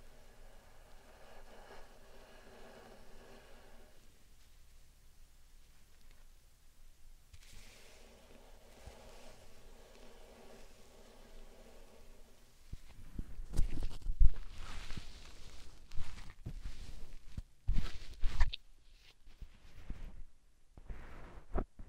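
Slime sand being handled for triggers: the first half is quiet, with faint steady tones and soft textured rustling that pauses briefly around four seconds. From about thirteen seconds, louder squishing, crunching and tapping bursts arrive in irregular clusters until the end.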